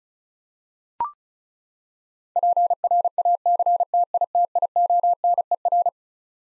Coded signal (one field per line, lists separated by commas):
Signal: Morse code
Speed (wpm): 34 wpm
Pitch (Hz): 700 Hz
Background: none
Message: PRACTITIONER